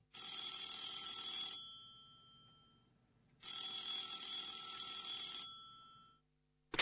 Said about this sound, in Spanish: No recuerdo bien cómo, pero desperté sobresaltado en mi cama, con el sonido del teléfono, creyendo que todo había sido una pesadilla.